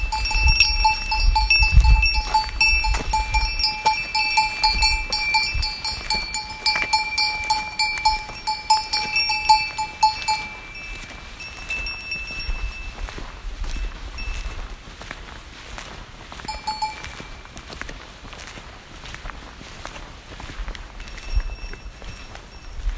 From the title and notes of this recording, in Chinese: 牛群迎面走來。下午的牛群，覓食完回家。林芝，西藏。